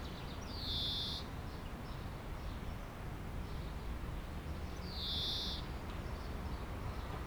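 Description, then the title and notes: Common chaffinch calls: two short upslurred whistled notes, about four seconds apart, over a steady low rumble of background noise. Aix-les-Bains, France; singing in a tree while preening, with a short sequence unlike its usual refrain. "30 Rue Eugène Fert, 73100 Aix-les-Bains, France - Pinson des arbres. Un pinson chante dans un arbre et je le vois faire sa toilette, une petite séquence différente de sa ritournelle habituelle"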